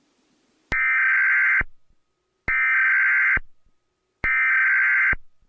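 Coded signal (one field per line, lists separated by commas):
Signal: Emergency Alert System (SAME) tones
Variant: header bursts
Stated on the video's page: Satirical fictional EAS scenario, not a real alert.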